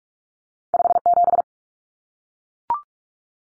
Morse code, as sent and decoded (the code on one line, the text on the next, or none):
..... --...
57